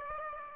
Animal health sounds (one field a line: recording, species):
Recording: mosquito wingbeat signal from an infrared sensor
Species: Aedes aegypti